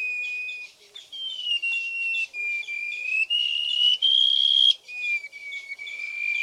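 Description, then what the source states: White-rumped shama song: long, sustained clear whistles held on steady or slowly rising pitches, shifting between notes every second or so, with brief gaps. Singing (kicau); local name murai hitam.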